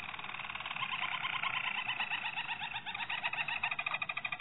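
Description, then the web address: Canary (Harz Roller): canary song: continuous rapid rolling trills with layered harmonics, slightly varying pitch, ending in quick pulsed notes. Harz Roller canary breed. "~joaopt canarios racas canto harzerv"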